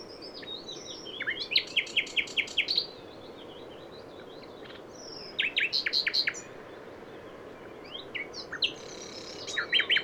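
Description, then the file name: Common nightingale singing separate phrases of quick repeated notes and whistles, with pauses between them. "Luscinia megarhynchos"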